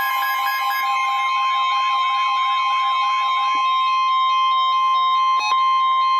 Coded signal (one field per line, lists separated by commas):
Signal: Emergency Alert System (SAME) tones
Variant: 1050 Hz attention tone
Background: music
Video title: Severe Thunderstorm Warning - 07/29/14 (EAS #786)